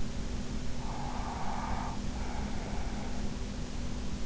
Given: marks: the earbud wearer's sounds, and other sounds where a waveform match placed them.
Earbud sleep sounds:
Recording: sounds in sleep by an in-ear microphone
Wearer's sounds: breath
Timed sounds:
0.95-3.18 s: breath

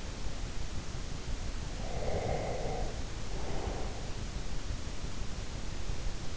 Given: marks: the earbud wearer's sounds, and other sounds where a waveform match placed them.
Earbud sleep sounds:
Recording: sounds in sleep by an in-ear microphone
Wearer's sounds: breath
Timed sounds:
1.78-4.02 s: breath

